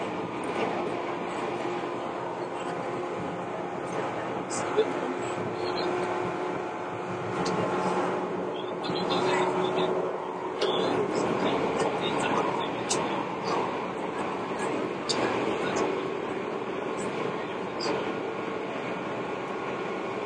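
An Izukyu 2100 series Kinme train running between Atami and Ito keeps up a steady, dense rolling rumble. Faint humming tones ride over it, and brief clicks and rattles come every second or two, with a soft swell around the middle.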